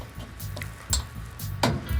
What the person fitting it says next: they just click right into the housings